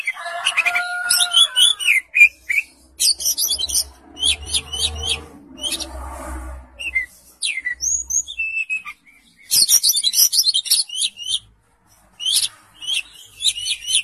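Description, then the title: Oriental magpie-robin singing in fast varied phrases of whistles and chattering notes, with a low hum and a short gap near the end. "Kacer"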